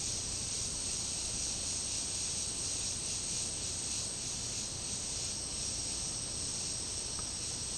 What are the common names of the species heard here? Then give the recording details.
none. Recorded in secondary vegetation near Puerto Asís, Putumayo, Colombia, on 18 February 2024 at 10:30. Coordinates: 0.489, -76.322. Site G6419